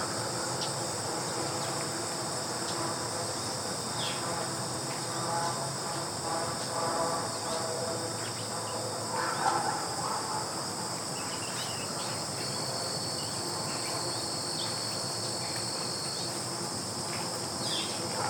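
Grasshoppers keep up a steady, dense, high-pitched buzz throughout, in layered bands that never let up. Faint chirps flicker in the background now and then, and a brief, slightly louder rustle stands out around the middle.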